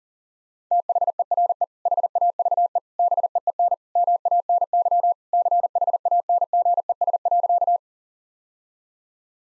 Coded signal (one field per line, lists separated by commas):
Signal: Morse code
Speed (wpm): 40 wpm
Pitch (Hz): 700 Hz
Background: none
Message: THERE HAVE BEEN MANY CHANGES.